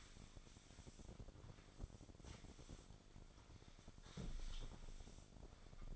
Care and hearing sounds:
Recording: daily activity, microphone in the room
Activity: sweep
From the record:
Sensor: 5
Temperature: 26.3 degrees Celsius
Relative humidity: 38.1%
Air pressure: 1007.1 hPa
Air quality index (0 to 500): 179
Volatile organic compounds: 5 ppm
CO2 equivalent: 1708 ppm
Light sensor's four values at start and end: 54/152/59/59 and 54/152/59/59

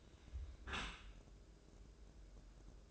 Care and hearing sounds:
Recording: daily activity, microphone in the room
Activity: close dishwasher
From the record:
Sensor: 2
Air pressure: 1012.2 hPa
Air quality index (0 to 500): 147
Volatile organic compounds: 2 ppm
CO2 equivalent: 1074 ppm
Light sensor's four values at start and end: 289/708/287/291 and 288/706/286/290

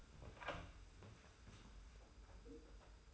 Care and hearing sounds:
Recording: daily activity, microphone in the room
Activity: open door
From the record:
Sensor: 2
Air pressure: 991.5 hPa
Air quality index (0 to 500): 148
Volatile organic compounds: 393 ppm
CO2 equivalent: 4659 ppm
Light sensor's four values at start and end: 31/92/36/34 and 31/92/36/34

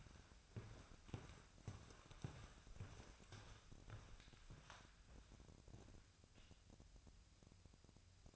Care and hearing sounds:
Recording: daily activity, microphone in the room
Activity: walk to room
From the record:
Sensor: 2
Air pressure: 999.3 hPa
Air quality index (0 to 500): 193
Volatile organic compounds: 26 ppm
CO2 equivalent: 2851 ppm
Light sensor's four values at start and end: 7/16/7/7 and 7/17/7/7

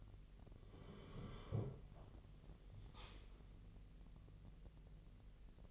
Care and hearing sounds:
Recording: daily activity, microphone in the room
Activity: sit down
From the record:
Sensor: 4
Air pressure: 1002.4 hPa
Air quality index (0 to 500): 249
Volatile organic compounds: 38 ppm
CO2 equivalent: 3122 ppm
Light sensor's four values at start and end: 11/25/10/10 and 11/25/10/10

